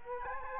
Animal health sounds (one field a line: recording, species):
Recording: mosquito wingbeat signal from an infrared sensor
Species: Culex quinquefasciatus